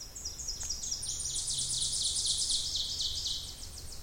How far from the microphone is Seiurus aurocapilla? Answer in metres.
about 40 m